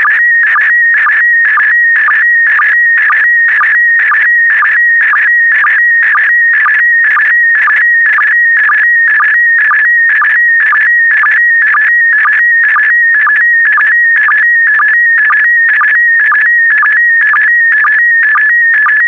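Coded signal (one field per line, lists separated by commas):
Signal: SSTV (slow-scan television)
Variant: PD120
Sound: steady warbling whistle near 2 kHz with a rhythmic low blip twice per second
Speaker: Starting transmission in 5, 4, 3, 2, 1. Transmission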